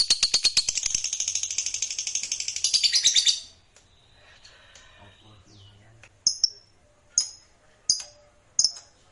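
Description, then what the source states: Lovebird chattering trill, high and rapid, for about three seconds, followed by quiet and then four sharp, separate chirps spaced under a second apart. Lovebird kept as a fighter bird, singing energetically (gacor).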